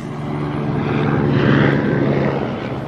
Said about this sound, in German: Hab mich geirrt. Sogar ein Stern lässt sich blicken. Einen solchen Stern wirst du in der Wildnis niemals finden. Ist ein Hubschrauber.